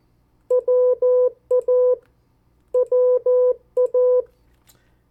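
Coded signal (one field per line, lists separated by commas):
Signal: Morse code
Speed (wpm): 14 wpm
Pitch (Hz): 500 Hz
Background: none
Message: WA WA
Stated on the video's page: Morse code practice of 50 US state abbreviations sent at variable speeds for CW copy practice.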